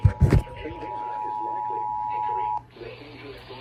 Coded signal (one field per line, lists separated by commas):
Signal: Emergency Alert System (SAME) tones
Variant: 853 and 960 Hz attention tone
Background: speech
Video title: GSP is going crazy: EAS alerts from 7/10/26